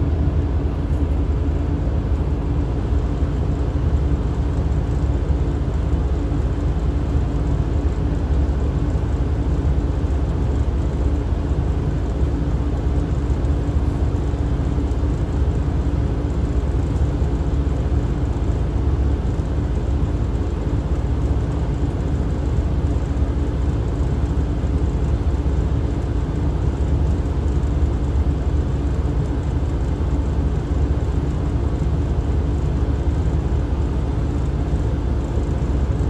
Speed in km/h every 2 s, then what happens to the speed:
0, 0, 0, 0, 0, 0, 0, 0, 0, 0, 0, 0, 0, 0, 0, 0, 0, 0.
0-36 standing.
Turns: none.